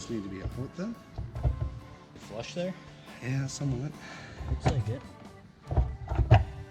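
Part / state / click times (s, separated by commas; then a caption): corner marker lamp housing into the vehicle front corner mount / seated / 6.3 s. A new corner marker lamp housing is pushed into its mount on the front corner of a 1998-2002 Mercury Grand Marquis while someone talks. Its plastic tabs snap home with a sharp click at 6.3 s, and the light is seated in place.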